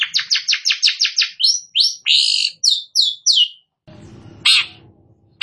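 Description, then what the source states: Long-tailed shrike song: a quick series of sharp downslurred chirps, then longer swooping notes, a pause with low rumbling, and a final harsh note. Described as gacor, singing actively.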